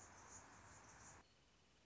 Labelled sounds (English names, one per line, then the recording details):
Anna's Hummingbird
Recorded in Sonoma County, California